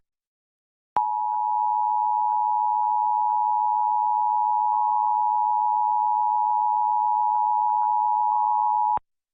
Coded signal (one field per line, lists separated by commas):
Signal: Emergency Alert System (SAME) tones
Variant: 853 and 960 Hz attention tone